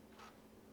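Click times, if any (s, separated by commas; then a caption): none. A CPU power cable plug is handled at the motherboard's CPU power (EPS) header, with a soft rustle of handling and a brief brighter scrape around 0.2 seconds over a low steady hum. Nothing has seated or clicked yet.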